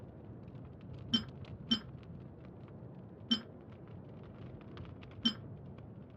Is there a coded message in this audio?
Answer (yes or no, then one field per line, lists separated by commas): no